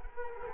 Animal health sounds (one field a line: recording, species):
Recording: mosquito wingbeat signal from an infrared sensor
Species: Culex quinquefasciatus